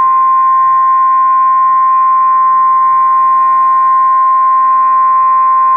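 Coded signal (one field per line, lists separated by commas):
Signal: Emergency Alert System (SAME) tones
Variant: 1050 Hz attention tone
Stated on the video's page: Severe thunderstorm warning SAME tones received from NOAA weather radio station WXJ87 serving Madison, Wisconsin.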